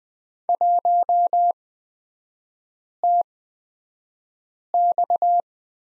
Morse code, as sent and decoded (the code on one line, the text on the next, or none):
.---- - -..-
1TX